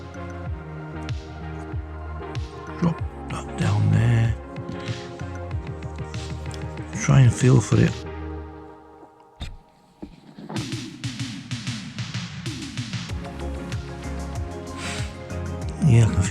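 While reassembling a Citizen Eco-Drive diver's watch after its capacitor replacement, a small internal part is felt for and pressed down into the watch case. Someone talks over background music, with faint small taps and handling noises throughout. Nothing has seated or clicked into place yet by the end of the clip.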